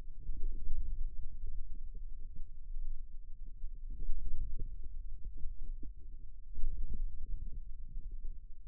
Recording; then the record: forearm muscle sounds (acoustic myography)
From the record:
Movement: radial deviation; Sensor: system 2, bracelet of six BSWA MPA416 microphones around the upper forearm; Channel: 5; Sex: male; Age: 22 years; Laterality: right